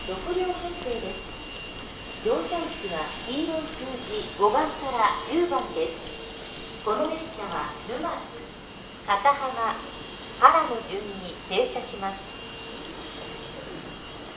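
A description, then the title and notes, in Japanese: Aboard a train on the Izu-Hakone Railway and Tokaido Line, a voice speaks in short phrases through most of the stretch, pausing briefly around the seventh and ninth seconds. A steady low rumble and a faint, constant high whine run underneath. 伊豆箱根鉄道 大場→三島 東海道本線 三島→沼津。大場までくると日が西に傾きはじめて予想以上に冷えてきました。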